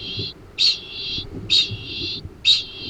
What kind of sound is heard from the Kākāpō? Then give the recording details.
ching call. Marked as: faintness 2/5. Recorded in New Zealand. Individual Arab